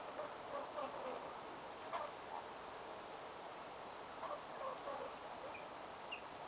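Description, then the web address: Whooper swan calls, soft short tonal notes in loose bursts, a few higher squeaky notes at the end, steady hiss behind. Whooper swan family with cygnets giving social calls, young calling, at close range at a barn swallow nesting site, 29 October 2025, taken directly from the recorder. "paivat 29 10 2025 haarapaaskysen pesapaikan laulujoutsenpesue aantelee lahiaania sosiaalisia poikasten aantelyja suoraan aanittimesta"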